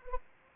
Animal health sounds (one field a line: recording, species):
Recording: mosquito wingbeat signal from an infrared sensor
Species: Anopheles arabiensis